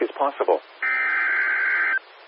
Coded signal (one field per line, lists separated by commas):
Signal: Emergency Alert System (SAME) tones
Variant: header bursts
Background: speech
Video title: Oklahoma Says Hi Again... | EAS Alerts from March 23rd, 2023 (EAS #2438-2465)